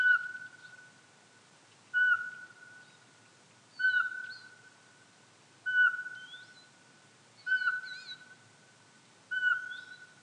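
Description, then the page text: Eurasian pygmy owl's steady whistled notes, six of them spaced roughly two seconds apart, with only faint bird chirps in the quiet background. "Jelmer Poelstra - Воробьиный сычик (Glaucidium passerinum)"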